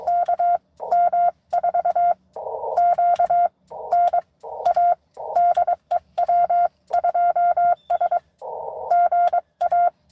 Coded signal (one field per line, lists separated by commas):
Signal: Morse code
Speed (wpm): 23 wpm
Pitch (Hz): 700 Hz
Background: radio noise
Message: KM4QNA DE W2S GA